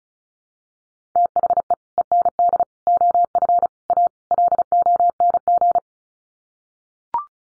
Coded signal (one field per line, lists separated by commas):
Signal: Morse code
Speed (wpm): 34 wpm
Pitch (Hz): 700 Hz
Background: none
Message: THE END OF A LONG